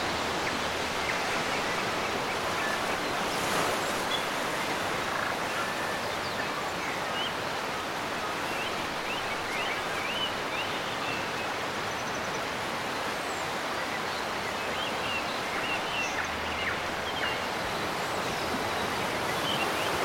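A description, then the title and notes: Waves wash steadily along the coast at Marlborough Sounds, New Zealand, a dense, even hiss of surf that barely rises or falls over the twenty seconds. Faint, scattered bird chirps flick through the higher range now and then, thin against the constant water. Birds & Waves at Marlborough Sounds, New Zealand. Birds chirp and waves crash on the coast of New Zealand.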